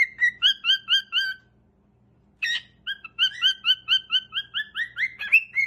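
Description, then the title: Cockatiel gives a rhythmic run of repeated chirping whistles, pauses, then resumes with a longer series. Several cockatiels singing, whistled song. "Calopsitas Cantando Assobio"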